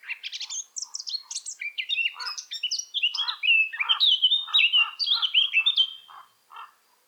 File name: Sylvia atricapilla